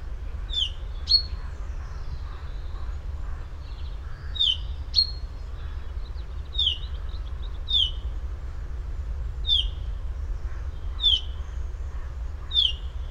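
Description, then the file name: Common chaffinch giving repeated sharp high calls at irregular intervals, some close together in pairs, over a low background hum. "Fringilla coelebs"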